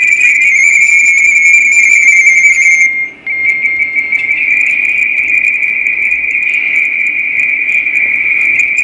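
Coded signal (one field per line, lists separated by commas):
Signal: RTTY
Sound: continuous rapid warbling between two close high-pitched tones, like chattering teletype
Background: radio static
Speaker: for another station to work tuning the vfo calling him just a second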